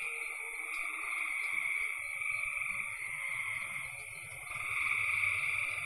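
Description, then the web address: Frog trilling continuously, with a low rumbling noise underneath. "cn frogs"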